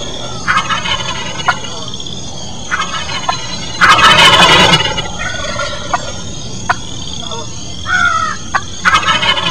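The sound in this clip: Turkey gobbling: one loud rattling burst of about a second near the middle, with short scattered clucks and yelps before and after over steady background hiss.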